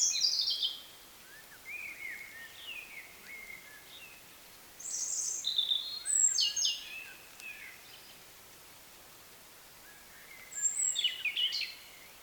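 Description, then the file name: European robin song: several bursts of high, liquid notes and fast trills, each phrase different, with quiet gaps between. "Erithacus rubecula"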